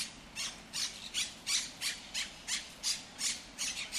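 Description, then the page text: Monk parakeet squawks, harsh and screechy, repeated in a steady series, roughly two or three each second, with no other clear sounds. In El Retiro park, Madrid, Spain, which holds Europe's largest Monk Parakeet population; park includes tree-lined Paseo del Prado avenue. "Cities and Memory - remixing the world. Monk parakeets in Madrid. Madrid has the greatest population of Monk Parakeets in Europe, many of whom can be seen and heard in the El Retiro park"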